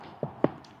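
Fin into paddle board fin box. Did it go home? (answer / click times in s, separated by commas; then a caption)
yes / 0.4 s. A plastic fin is slid into the fin box on the bottom of a super wide 11-foot PIYODEA inflatable paddle board with a non-slip EVA deck. A soft low knock at 0.2 seconds is followed by a sharper, louder click at 0.4 seconds as the fin locks down, then a faint high tick around 0.7 seconds. The fin is seated and secured in the fin box.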